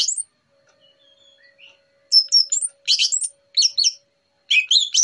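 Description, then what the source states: Orange-headed thrush song: a short loud note, soft scattered whistles, then several loud bursts of jumbled, high chirping phrases. Morning lure recording, described as relaxed and clear.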